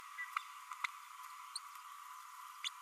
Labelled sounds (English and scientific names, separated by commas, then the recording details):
Green-rumped Parrotlet (Forpus passerinus) babbling
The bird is a female
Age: 32 days
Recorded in a nest box in Venezuela
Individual 17B32A7